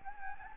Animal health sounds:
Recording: mosquito wingbeat signal from an infrared sensor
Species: Anopheles gambiae

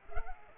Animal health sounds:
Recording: mosquito wingbeat signal from an infrared sensor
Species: Culex pipiens

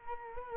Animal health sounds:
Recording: mosquito wingbeat signal from an infrared sensor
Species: Culex quinquefasciatus

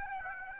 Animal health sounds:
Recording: mosquito wingbeat signal from an infrared sensor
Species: Aedes aegypti

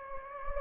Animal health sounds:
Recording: mosquito wingbeat signal from an infrared sensor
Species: Anopheles gambiae

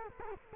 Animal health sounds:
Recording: mosquito wingbeat signal from an infrared sensor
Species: Culex quinquefasciatus

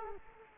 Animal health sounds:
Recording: mosquito wingbeat signal from an infrared sensor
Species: Culex quinquefasciatus

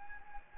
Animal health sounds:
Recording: mosquito wingbeat signal from an infrared sensor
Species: Anopheles gambiae

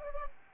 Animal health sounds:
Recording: mosquito wingbeat signal from an infrared sensor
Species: Anopheles gambiae

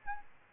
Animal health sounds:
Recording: mosquito wingbeat signal from an infrared sensor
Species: Aedes albopictus

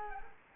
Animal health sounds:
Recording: mosquito wingbeat signal from an infrared sensor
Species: Culex quinquefasciatus

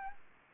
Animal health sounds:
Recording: mosquito wingbeat signal from an infrared sensor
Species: Anopheles arabiensis

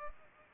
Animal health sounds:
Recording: mosquito wingbeat signal from an infrared sensor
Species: Culex pipiens

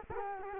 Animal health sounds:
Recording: mosquito wingbeat signal from an infrared sensor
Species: Culex quinquefasciatus

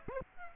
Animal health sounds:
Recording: mosquito wingbeat signal from an infrared sensor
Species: Aedes aegypti

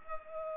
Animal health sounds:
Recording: mosquito wingbeat signal from an infrared sensor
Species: Culex pipiens

